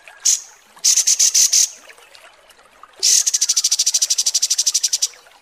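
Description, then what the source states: Kapas tembak: bird song: a single high note, a short stuttering burst of pulses, then a longer rapid series of shrill, piercing notes. Masteran training recording of kapas tembak, a bird song used for teaching song.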